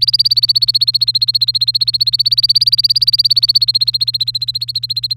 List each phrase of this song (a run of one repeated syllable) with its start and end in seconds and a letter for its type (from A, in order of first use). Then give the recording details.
0.01-5.17 A. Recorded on 3 May 2018 at 13:33. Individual llb3